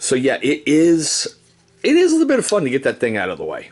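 A Kershaw Knockout folding knife with a steel blade and frame lock is handled while someone talks throughout, with a short quiet pause in the middle. The blade has not yet snapped into the frame lock, and nothing has seated or clicked by the end of the clip.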